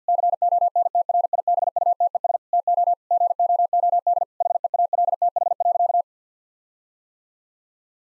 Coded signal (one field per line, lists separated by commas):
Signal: Morse code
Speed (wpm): 50 wpm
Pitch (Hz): 700 Hz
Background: none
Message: CONTRIBUTES TO GOOD HEALTH.